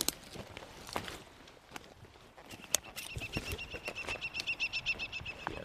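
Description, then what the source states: New Zealand falcon calls, a rapid series of harsh repeated notes starting midway and growing louder, with rustling and footsteps through vegetation. Male calling and flying above his ground nest in recently logged pine forest, New Zealand; male's call higher pitched than female's; shows nest still active.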